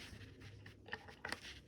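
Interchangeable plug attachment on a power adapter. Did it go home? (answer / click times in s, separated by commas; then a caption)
yes / 1.2 s. A US plug attachment slides onto the power adapter of a chessboard with a soft scraping rub. A short, sharp plastic click at 1.3 s shows it locking into place.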